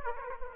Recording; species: mosquito wingbeat signal from an infrared sensor; Aedes aegypti